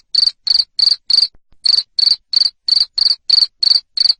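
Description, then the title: Cricket chirp: shrill pulses repeated about three times a second, with one short break. Loud cricket chirping played to make lovebirds sing continuously. "Suara JANGKRIK NGERIK Keras Bikin LOVEBIRD Jadi NGEKEK Terus Vubey"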